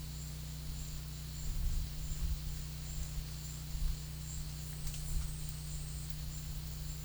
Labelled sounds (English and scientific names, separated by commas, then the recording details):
none
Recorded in pastures near Puerto Asís, Putumayo, Colombia, on 19 March 2025 at 12:30
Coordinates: 0.505, -76.324
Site GP08